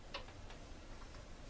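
A plastic back panel is pressed onto an Amstrad PC1512 computer case to clip it into place. A single sharp click is heard at 0.2 s over a low background hum, with a few fainter ticks afterward. The panel is still not fully home.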